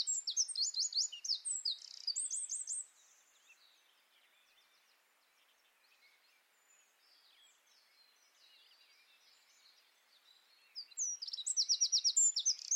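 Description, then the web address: Bird song, a fast high chattering phrase, then a long stretch of faint soft notes before another loud rapid trilled burst near the end. "Deverinetal 2025 File origin Bird Only"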